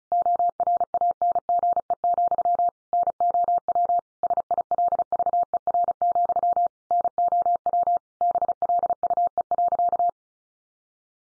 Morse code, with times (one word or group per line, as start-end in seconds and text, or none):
0.1-2.7 ORANGE,
2.9-4.0 NOW
4.2-6.7 SILVER,
6.9-8.0 NOW
8.2-10.1 BLUE.